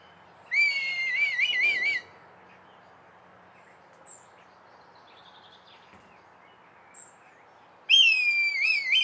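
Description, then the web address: Red kite calling twice: each a drawn-out, high whistle with a fast wavering quaver, separated by about six seconds of quiet with faint chirps. "Red kite. صدای-پرنده-کورکور-حنایی"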